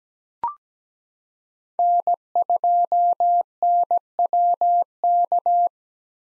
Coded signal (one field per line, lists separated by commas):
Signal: Morse code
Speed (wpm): 17 wpm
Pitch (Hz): 700 Hz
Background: none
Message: N2NWK